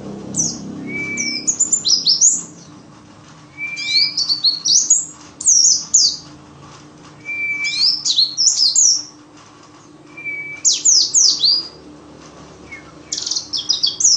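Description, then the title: White-eye song: tumbling clusters of high twittering notes, most preceded by a short flat whistle, repeated at short intervals over a low background hum. Forest-type white-eye song, used as tutoring material for training cage songbirds. "mster Mnuk. Pleci ngalas isian untuk masteran"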